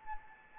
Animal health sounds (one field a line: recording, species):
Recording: mosquito wingbeat signal from an infrared sensor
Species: Anopheles arabiensis